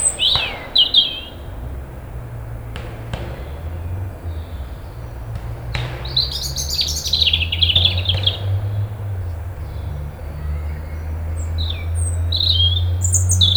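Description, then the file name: European robin song: several short, high warbled phrases separated by pauses, with a few sharp clicks and a low droning rumble throughout. "Erithacus rubecula"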